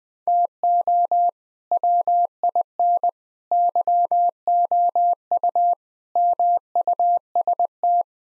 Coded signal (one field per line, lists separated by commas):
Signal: Morse code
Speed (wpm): 19 wpm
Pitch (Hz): 700 Hz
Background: none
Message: TO WIN YOU MUST